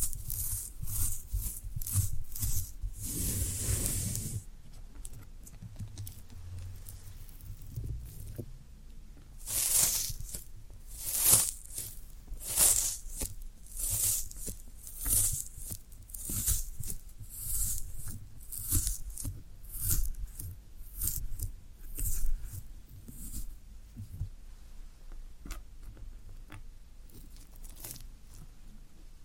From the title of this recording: Satisfying Tingle Stimulating Floral Foam Sounds